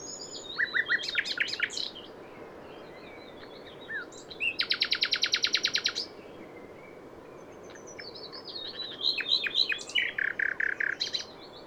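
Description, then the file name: Common nightingale pouring out phrases: a short rattle, a dense even trill around five seconds, and a final run of rapid, loud repeated notes. "Luscinia megarhynchos"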